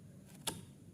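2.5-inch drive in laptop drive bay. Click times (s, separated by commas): 0.5 s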